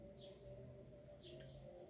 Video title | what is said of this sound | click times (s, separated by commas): Mengukur Tekanan Darah | kayak bunyi tek gitu. Kita cek. Nah, udah pas. | 1.4 s